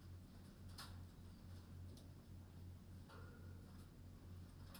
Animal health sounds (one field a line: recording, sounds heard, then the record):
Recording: poultry house recording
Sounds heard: no chicken sound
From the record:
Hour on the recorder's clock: 21